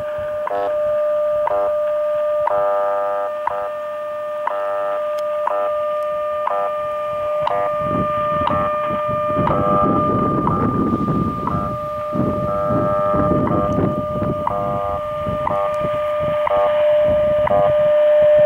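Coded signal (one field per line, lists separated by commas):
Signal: radio time signal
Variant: WWV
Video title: DXpedition North Country - WWV 10000 kHz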